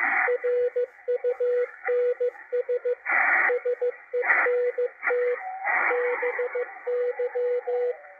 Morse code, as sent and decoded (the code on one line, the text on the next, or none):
.-. ..- -. ... / ... . -. - / -... -.--
RUNS SENT BY